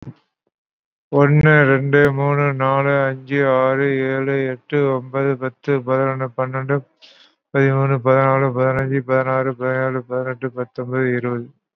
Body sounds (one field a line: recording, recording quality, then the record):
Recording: counting at a normal pace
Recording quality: excellent, no background noise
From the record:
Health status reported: COVID-19 positive, mild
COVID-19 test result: positive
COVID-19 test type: RT-PCR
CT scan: not taken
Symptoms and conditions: cough, muscle pain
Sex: male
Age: 52 years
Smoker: no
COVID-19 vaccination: none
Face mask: worn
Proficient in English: no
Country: India